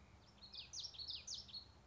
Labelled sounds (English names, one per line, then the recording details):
Common Yellowthroat
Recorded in Sonoma County, California